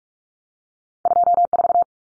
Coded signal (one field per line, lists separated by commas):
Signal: Morse code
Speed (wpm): 44 wpm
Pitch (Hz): 700 Hz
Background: none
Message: 24